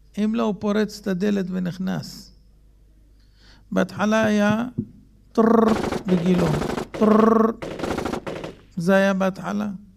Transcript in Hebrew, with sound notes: אם לא, הוא פורץ ת'דלת ונכנס. בהתחלה היה טררר... (משמיעים קול של יריות) בגילה, טררר... זה היה בהתחלה,